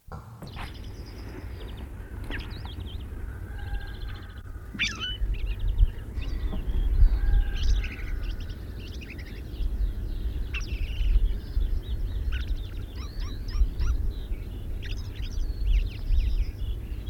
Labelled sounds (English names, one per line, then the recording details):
Ring Ouzel song
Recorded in the wild
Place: Bergen, Insel Rügen, Mecklenburg-Vorpommern, DE
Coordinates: 54.44, 13.46
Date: 1970-05-02
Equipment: Nagra III BH, Sennheiser MD 21, parabola
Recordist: Schubert, Michael